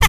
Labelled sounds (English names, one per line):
Zebra Finch tet call